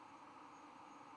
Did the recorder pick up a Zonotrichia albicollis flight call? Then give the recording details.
no. No flight call is heard. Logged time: 23:08 on 10 November 2014